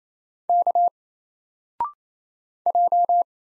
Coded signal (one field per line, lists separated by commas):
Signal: Morse code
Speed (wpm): 28 wpm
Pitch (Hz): 700 Hz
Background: none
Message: K J